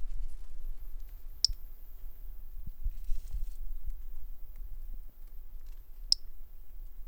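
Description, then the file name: Three-toed pumpkin toadlet call, two tiny high, sharp notes about five seconds apart over a low rumbling background. Collected individual, catalogued CFBH, recorded by M. R. Bornschein. "Brachycephalus tridactylus individual collected CFBH-individual by MR Bornschein"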